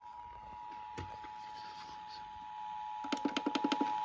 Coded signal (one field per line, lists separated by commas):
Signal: Emergency Alert System (SAME) tones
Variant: 853 and 960 Hz attention tone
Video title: 2023 (NPT) National periodic test of the Primary Emergency alert system -rare!-